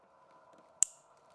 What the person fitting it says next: You hear that click? And it's all the way in.